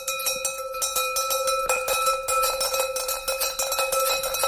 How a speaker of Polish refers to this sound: Dzwonek pasterski 8 i 9 lutego brzmiał będzie w Szczyrku bardzo często.